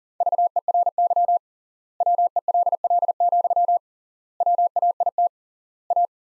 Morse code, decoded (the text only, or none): VERY WELL, WAIT A